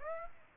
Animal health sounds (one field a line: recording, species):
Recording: mosquito wingbeat signal from an infrared sensor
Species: Aedes aegypti